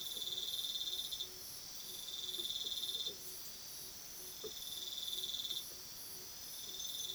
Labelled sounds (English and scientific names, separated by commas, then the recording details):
none
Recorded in pastures near Puerto Asís, Putumayo, Colombia, on 19 February 2024 at 03:30
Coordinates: 0.497, -76.327
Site G7276